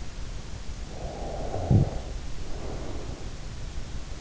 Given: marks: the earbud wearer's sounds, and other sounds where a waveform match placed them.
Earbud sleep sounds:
sounds in sleep by an in-ear microphone; snoring breath
0.94-3.33 s: snoring breath

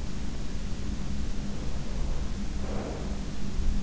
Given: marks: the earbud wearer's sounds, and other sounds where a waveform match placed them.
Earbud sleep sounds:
sounds in sleep by an in-ear microphone; breath
1.54-3.60 s: breath

